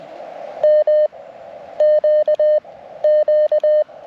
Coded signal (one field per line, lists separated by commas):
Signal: Morse code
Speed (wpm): 20 wpm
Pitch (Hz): 610 Hz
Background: none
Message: MQQ